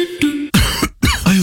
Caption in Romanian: O tuse care nu trece. Poate fi semnul unui cancer de plămâni.